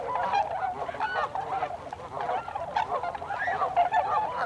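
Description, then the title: Tundra swans calling as a flock, dense overlapping hooting and bugling notes, many birds at once with no pauses. 26 December 2020. "2020-12-26-Tundra-Swans"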